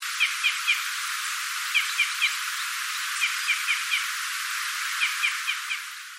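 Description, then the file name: Red crossbill calls: short, sharp chips in quick groups of three or four, repeated over a steady hiss. "isuka"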